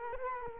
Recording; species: mosquito wingbeat signal from an infrared sensor; Culex quinquefasciatus